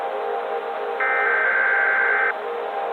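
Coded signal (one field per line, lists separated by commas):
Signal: Emergency Alert System (SAME) tones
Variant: header bursts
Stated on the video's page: Fictional EAS scenario, analog horror, using valid EAS tones.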